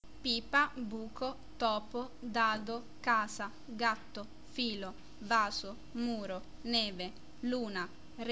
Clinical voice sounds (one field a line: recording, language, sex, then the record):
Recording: read list of words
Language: Italian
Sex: female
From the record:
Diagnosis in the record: healthy control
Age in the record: 20 years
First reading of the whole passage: 47 s, 11.1 characters per second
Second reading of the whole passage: 49 s, 10.5 characters per second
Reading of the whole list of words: 45 s, 6.2 characters per second